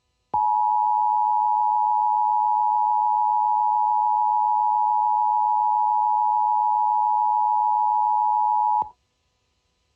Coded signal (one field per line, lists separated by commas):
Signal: Emergency Alert System (SAME) tones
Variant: 853 and 960 Hz attention tone